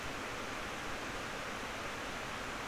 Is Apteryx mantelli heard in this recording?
no